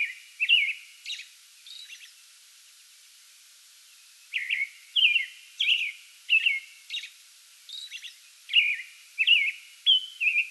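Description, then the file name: American robin caroling: a few whistled phrases, a two-second pause, then a quick run of warbled phrases and high squeaky notes. Pre-dawn song bout recorded on 8 May 2022. "2022-05-08 American Robin pre-dawn song bout"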